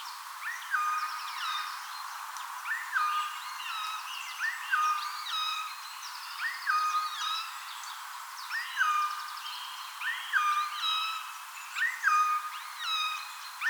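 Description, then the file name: Eurasian jay mewing: a quick upward sweep sliding down into a level drawn-out note, about every two seconds, over busy twittering from other small birds. "Garrulus glandarius"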